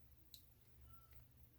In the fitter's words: you press the needle in it and you'll hear a pop